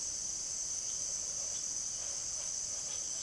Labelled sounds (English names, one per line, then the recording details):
none
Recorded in secondary vegetation near Puerto Asís, Putumayo, Colombia, on 22 June 2025 at 18:00
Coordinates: 0.489, -76.322
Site G021